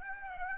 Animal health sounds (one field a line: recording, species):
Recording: mosquito wingbeat signal from an infrared sensor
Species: Aedes aegypti